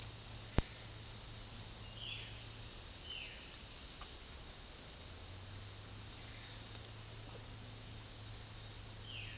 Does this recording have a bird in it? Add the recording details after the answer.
yes. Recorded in secondary vegetation near Puerto Asís, Putumayo, Colombia, on 4 March 2025 at 10:30. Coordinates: 0.499, -76.323. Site G094